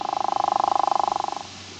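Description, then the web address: True frog croak, a rattle of fast, even pulses lasting about a second and a half, then cutting off into quiet hiss. "frogs Family Ranidae"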